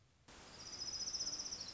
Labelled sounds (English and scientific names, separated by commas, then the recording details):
Orange-crowned Warbler (Leiothlypis celata)
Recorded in Sonoma County, California